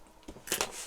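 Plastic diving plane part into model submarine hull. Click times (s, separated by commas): 0.5 s, 0.6 s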